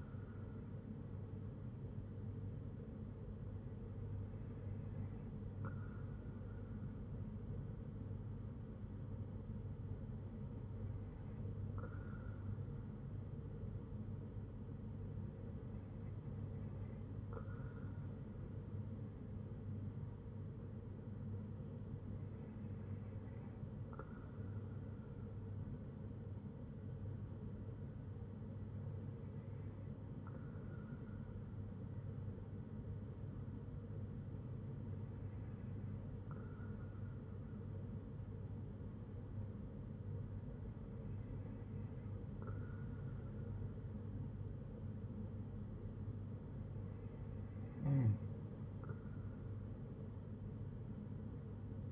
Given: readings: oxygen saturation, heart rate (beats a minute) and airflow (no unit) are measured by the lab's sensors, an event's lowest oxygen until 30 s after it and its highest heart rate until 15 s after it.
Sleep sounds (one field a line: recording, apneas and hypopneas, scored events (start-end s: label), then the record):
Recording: breathing in sleep by a smartphone at the bedside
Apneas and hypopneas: none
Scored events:
none scored
From the record:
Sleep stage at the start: N2 (light sleep)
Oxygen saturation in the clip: 94%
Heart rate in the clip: 59 to 63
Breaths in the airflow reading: 8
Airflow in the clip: -5.7 to 3.9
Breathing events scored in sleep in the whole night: 182 in 7.4 hours asleep